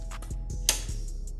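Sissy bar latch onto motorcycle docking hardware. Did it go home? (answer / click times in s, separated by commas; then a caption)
yes / 0.7 s. The second latch on the other side of a motorcycle sissy bar is pushed forward onto the docking hardware, with a few soft ticks and a low steady hum before and after. A sharp, loud click at 0.7 s marks the latch locking into place.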